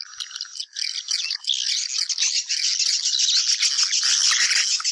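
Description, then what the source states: Swiftlet twittering starts sparse, then swells into a dense, rattling stream of high chirps and trills. Lure sound used to attract swiftlets for nest farming.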